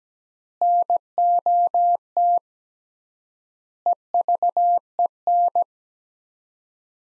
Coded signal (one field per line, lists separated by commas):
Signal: Morse code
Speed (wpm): 17 wpm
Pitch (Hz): 700 Hz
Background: none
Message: NOT EVEN